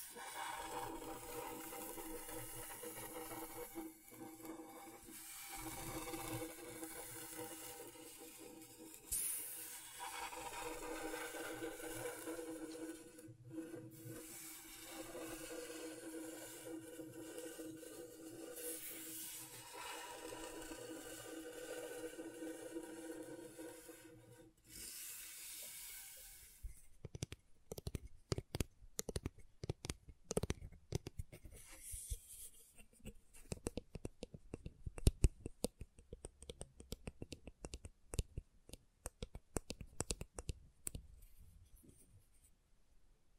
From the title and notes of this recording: ASMR Brain Tingling Scratchboard (No Talking).